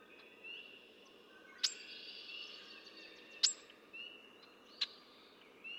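Red-winged blackbird calls: three sharp, dry check notes spaced unevenly, with soft whistled notes behind.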